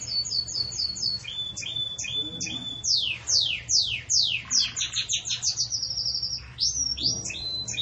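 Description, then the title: Belgian canary song: short repeated high notes, a series of loud sweeping chirps, then fast twittering phrases and a ringing trill, with a faint low hum beneath. Belgian canary singing in the campainha (bell) song style, for tutoring young chicks. "Belíssimo Canto Do Canário Belga Campainha Para Encarte De Filhotes"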